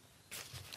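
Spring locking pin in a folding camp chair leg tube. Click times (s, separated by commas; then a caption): 0.7 s. A folding camp chair leg is pulled out along its tube, a quiet lead-in giving way at about 0.3 s to a broadband sliding rasp. The spring locking pin inside the leg tube pops into its locking hole with a sharp click at 0.7 s, seating the leg in place.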